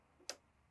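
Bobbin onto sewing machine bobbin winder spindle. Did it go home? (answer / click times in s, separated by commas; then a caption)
yes / 0.3 s. A plastic bobbin is turned to the right on the bobbin winder spindle of a Baby Lock Vesta BLMVE sewing and embroidery machine until a small wire on the back of the winder engages a notch cut into the bobbin. A single sharp, bright click sounds at 0.3 s against quiet background. The bobbin seats on the spindle, and the wire holds it secure.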